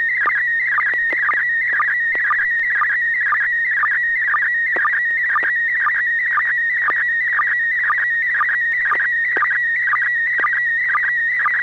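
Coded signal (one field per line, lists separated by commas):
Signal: SSTV (slow-scan television)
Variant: PD120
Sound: continuous warbling tone around 2 kHz with regular short low blips, steady rhythm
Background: low hum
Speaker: Okay, well, this is going to be PD 120. N6PGQ,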